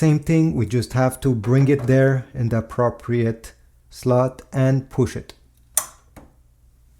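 Someone talks while a cyan HP 923 ink cartridge is brought to its slot in the printer carriage and pushed in. A single sharp click at 5.8 seconds shows it has seated, the same as the previous cartridge.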